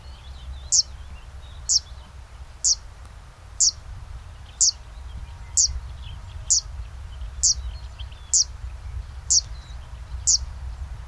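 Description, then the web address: Zitting cisticola calling a repeated high, clipped zit about once a second, evenly spaced, with a low hum of background noise. "sound Zitting-cisticola. صدای پرنده سبدنشین چکاچک"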